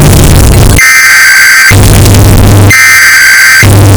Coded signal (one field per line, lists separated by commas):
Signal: Emergency Alert System (SAME) tones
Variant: header bursts